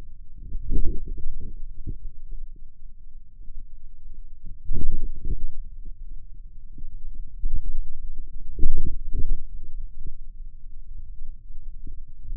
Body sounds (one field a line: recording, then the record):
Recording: forearm muscle sounds (acoustic myography)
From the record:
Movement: ulnar deviation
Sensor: system 2, bracelet of six BSWA MPA416 microphones around the upper forearm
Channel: 6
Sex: male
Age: 22 years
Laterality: right